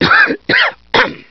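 Three short, harsh coughs from an adult in quick succession.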